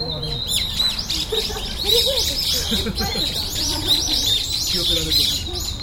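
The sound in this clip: Many birds chirping together, a tight stream of high twittering notes and brief whistles with lower squeaky calls underneath.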